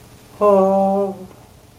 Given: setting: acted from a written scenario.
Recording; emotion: vocal sound without words; elation